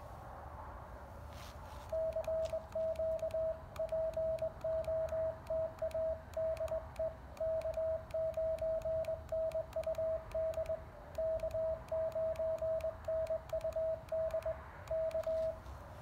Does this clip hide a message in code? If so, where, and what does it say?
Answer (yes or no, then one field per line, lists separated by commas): yes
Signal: Morse code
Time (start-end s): 1.9-15.5 s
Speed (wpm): 21 wpm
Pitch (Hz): 640 Hz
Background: radio noise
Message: CQ POTA DE K9NUD K9NUD K